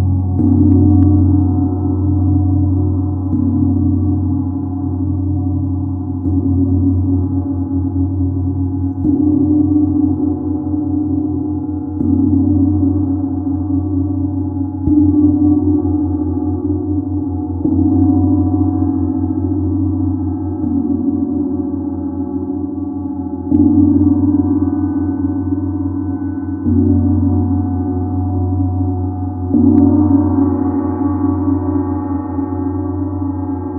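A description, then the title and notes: A gong hums with a deep, sustained vibration that never fades, struck again roughly every three seconds to refresh the swell. Low, dense tones dominate, with a softer metallic shimmer above, and the loudness stays nearly constant throughout. Immerse yourself in the celestial sounds of the Waking Up to Jupiter Gong Vibration, expertly played by Sound Alchemist Julie Jewels Smoot on her Jupiter Gong.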